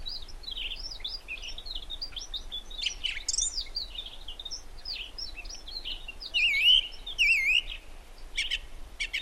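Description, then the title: Song thrush song: a continuous run of varied, high chirping phrases, with two matching warbled phrases repeated back to back near the end. Recorded in the Peak District during lockdown; the source calls it the longest unbroken song ever heard by a thrush. "Thrush and wren, Peak District"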